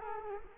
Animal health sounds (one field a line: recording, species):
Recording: mosquito wingbeat signal from an infrared sensor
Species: Culex quinquefasciatus